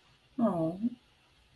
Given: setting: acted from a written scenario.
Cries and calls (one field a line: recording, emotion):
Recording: vocal sound without words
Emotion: sympathy